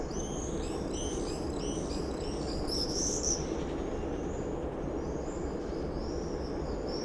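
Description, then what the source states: Common swift screams, a quick series of high shrill trills from several birds, one louder burst near three seconds, then sparse fainter calls over steady background noise. Summer evening in a backyard in Bytom, Poland; many swifts flying around; recorded with Zoom F4 and AT BP4025 microphone.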